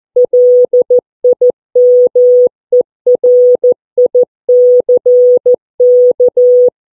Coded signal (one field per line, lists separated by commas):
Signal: Morse code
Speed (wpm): 14 wpm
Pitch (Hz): 490 Hz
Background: none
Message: LIMERICK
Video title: CW Contact with 11 year old Ryan, EI8KW and Robbie, Ei2iP.